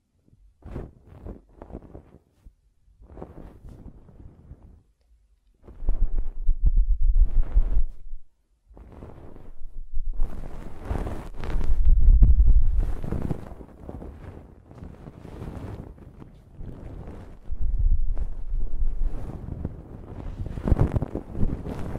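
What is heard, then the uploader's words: Ear cleaning and blowing: close rumbling bursts and scratchy rustles come in uneven clusters, some brief, others lasting a few seconds. The loudest stretch, around the middle, is a long breathy blast with deep thudding, and softer gusts return toward the end. ASMR Ear Cleaning and Blowing (No Talking).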